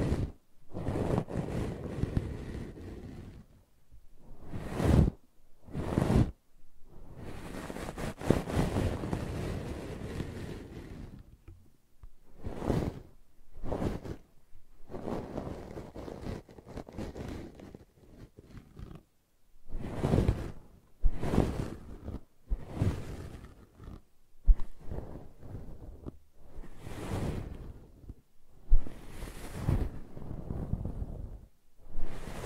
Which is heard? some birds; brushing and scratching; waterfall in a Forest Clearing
brushing and scratching